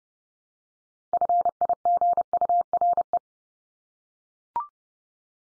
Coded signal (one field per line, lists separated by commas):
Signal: Morse code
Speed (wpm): 30 wpm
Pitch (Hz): 700 Hz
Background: none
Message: FIGURE